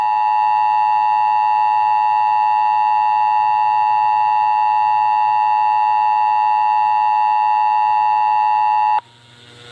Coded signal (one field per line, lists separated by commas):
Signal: Emergency Alert System (SAME) tones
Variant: 853 and 960 Hz attention tone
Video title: GMA Emergency Alert System ⚠️